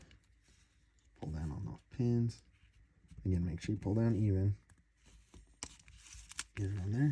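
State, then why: Not seated. A printed plastic stock is being slid onto a miniature gun model, with its pins pulled down evenly, while someone talks. Soft handling sounds and a few sharp taps around 5.6 to 6.4 seconds are heard, but nothing has seated or clicked into place yet.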